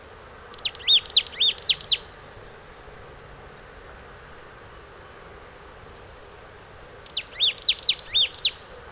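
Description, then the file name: Marsh tit calling: a quick run of sharp, high, swooping notes near the start, then a second similar burst after a long pause, over a steady background hiss. "Poecile palustris"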